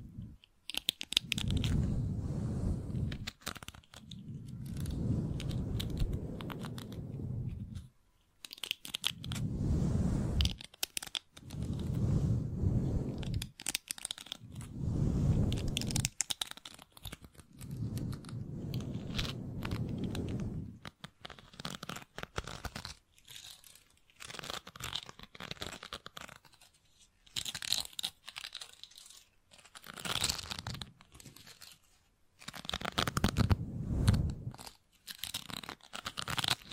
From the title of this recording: Mic Brushing and Scratching